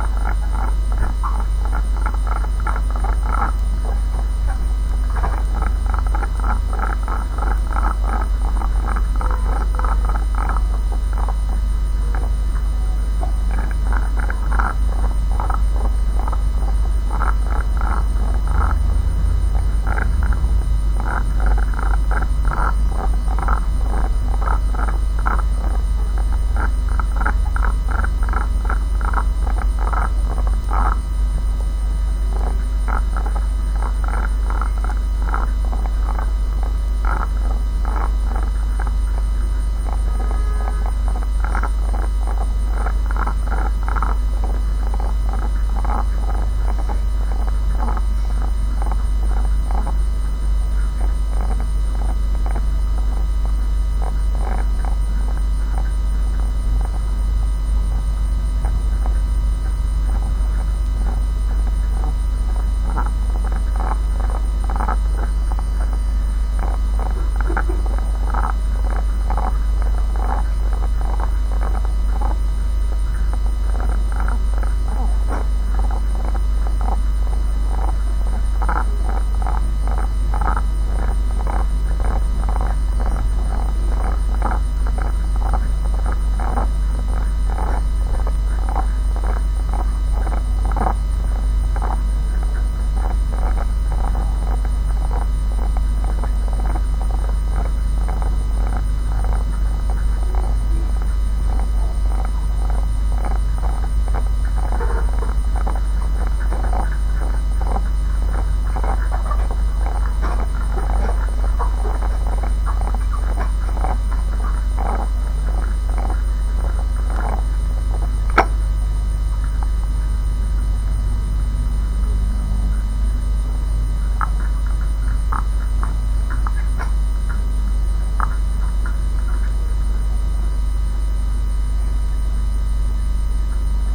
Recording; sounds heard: poultry house recording; sick chickens (respiratory disease)